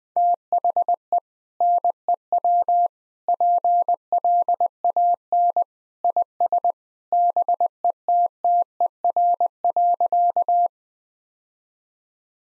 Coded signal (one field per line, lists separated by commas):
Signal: Morse code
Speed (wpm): 20 wpm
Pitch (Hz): 700 Hz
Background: none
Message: THE NEW PLAN IS BETTER.